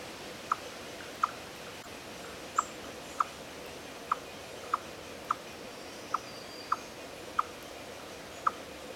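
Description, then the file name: Eastern chipmunk chipping: eleven crisp, clipped notes, mostly about two-thirds of a second apart with a few longer gaps, against faint background hiss. "Tamias striatus"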